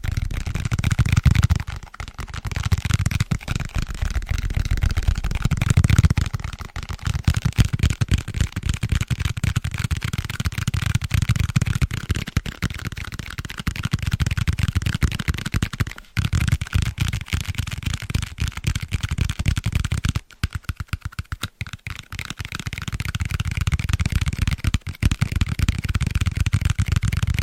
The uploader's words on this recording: ASMR Fast And Tingly Tapping On Book Spines (No Talking).